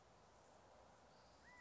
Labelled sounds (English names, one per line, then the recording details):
California Quail
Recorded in Sonoma County, California